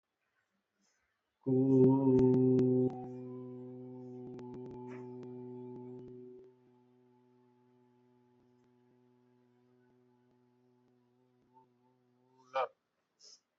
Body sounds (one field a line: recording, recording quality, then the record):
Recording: sustained vowel as in boot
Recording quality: excellent, no background noise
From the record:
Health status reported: healthy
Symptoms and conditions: none ticked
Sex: male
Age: 43 years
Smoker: not ticked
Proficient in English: yes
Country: India